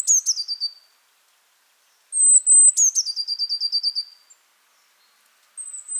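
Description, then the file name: Eurasian blue tit song: high thin whistled notes followed by a fast, slightly descending trill, phrases repeated about every three to four seconds. "Cyanistes caeruleus"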